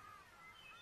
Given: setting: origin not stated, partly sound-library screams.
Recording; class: one-second piece from a danger detection set; normal situation